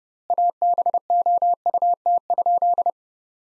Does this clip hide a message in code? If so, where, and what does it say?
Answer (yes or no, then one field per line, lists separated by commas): yes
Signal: Morse code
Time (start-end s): 0.3-2.9 s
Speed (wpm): 32 wpm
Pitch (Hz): 700 Hz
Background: none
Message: ABOUT?